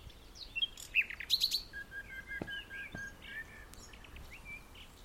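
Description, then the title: Common nightingale song: a few whistled notes, a quick burst of sharp notes, then a long flat lower note and softer notes after it. Singing in the dunes of The Hague, Netherlands, on the morning of May 12, 2021, during a lockdown walk. "Nightingale and joggers in the dunes (The Hague, May 12th 2021)"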